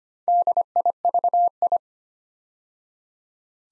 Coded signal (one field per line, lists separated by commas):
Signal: Morse code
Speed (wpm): 25 wpm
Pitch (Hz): 700 Hz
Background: none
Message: DIVI